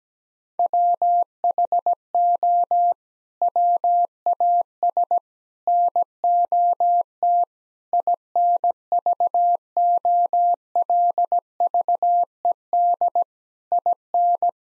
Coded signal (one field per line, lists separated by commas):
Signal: Morse code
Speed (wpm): 17 wpm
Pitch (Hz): 700 Hz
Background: none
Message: WHO WAS NOT INVOLVED IN